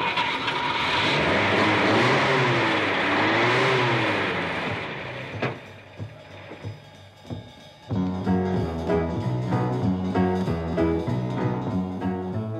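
A car engine revs loudly, its pitch swelling up and down for several seconds before the noise drops away as it drives off, and music then takes over.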